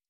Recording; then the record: hydrophone in a shrimp aquaculture tank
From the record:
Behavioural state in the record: stressed